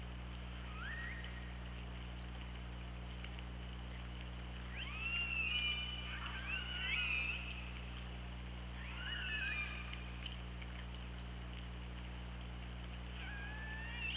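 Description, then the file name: Killer whale calls in several bursts: short upswept and wavering tonal cries, some overlapping, separated by quieter stretches of hiss and steady low hum. Recorded by hydrophone at OrcaLab on 24 August 2017 at 08:04. "Orca Lab UTLN 20170824 080429"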